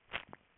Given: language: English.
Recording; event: throat vibration sensor signal played as sound; swallow